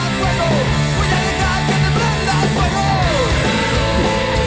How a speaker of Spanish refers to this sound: que mete un violín y tiene el mejor estribillo del rock nacional.